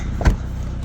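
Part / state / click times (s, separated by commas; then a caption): door latch striking the striker on a car door frame / not seated / none. Someone pushes the car door of an old Civic wagon shut, and a single thud sounds as the door latch meets the striker on the frame. The door does not latch, so nothing has seated or clicked.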